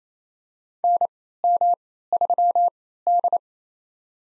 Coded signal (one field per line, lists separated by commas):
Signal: Morse code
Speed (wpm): 27 wpm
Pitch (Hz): 700 Hz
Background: none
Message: NM3D